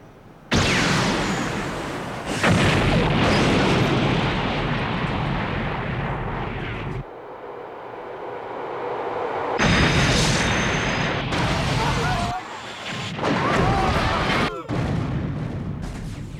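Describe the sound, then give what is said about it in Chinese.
A series of loud bomb explosions going off at several locations at once, apparently planned in advance and set on timers: heavy booming blasts with roaring, rumbling tails, coming in several bursts separated by brief quieter lulls. “同时在多个地点发生了爆炸，似乎是事先做好了计划定时引爆。”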